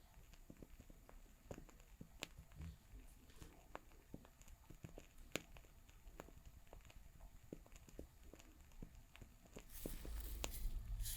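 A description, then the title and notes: Crackling fire sounds: sharp pops and snaps arrive irregularly, several per second, over a low steady hiss. A few pops stand out louder, around two and five seconds. Near the ninth second a loud, bright rushing rustle swells in and continues to the end. Crackling Fire Sounds.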